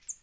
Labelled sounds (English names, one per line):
Northern Parula flight call